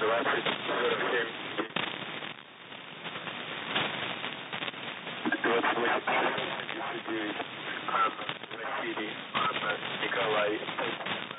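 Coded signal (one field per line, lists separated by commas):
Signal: coded military voice message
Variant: The Pip, Russian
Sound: male voice reading a message through heavy crackling shortwave static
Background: radio static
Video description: "The Pip" is a Russian military radiostation that broadcasts on 5448 kHz at daytie and 3756 kHz at nighttime.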